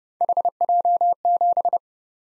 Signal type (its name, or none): Morse code